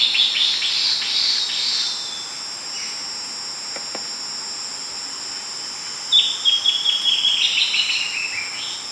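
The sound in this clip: Bird chirping in fast, high, buzzy runs, one fading out in the first two seconds and another starting after six seconds, with a constant thin whine behind.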